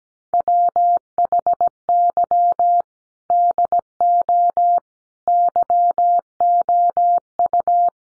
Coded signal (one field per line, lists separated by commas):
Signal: Morse code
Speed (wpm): 17 wpm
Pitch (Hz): 700 Hz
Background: none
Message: WHY DO YOU